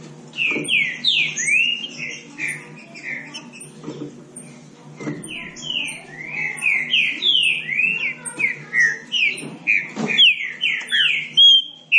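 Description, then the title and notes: Green-winged saltator song: loud, rich whistled phrases of slurred notes dipping and rising, delivered in quick rhythmic bursts with short pauses, over a faint low hum. Classic song style (canto clássico) used as a training recording. "Canto Clássico Trinca Ferro TREINAMENTO. trinca fero"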